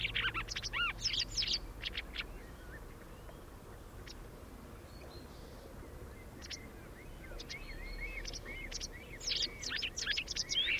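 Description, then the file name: White wagtail, high twittering chirps at the start and end, separated by a quieter stretch of sparse notes. "Ballerina Bianca"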